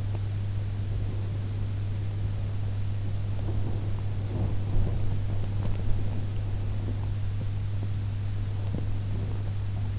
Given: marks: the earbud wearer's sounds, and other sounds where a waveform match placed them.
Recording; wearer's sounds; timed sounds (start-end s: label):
sounds in sleep by an in-ear microphone; teeth grinding
0.00-0.31 s: teeth grinding
3.21-9.90 s: sound from someone else or the room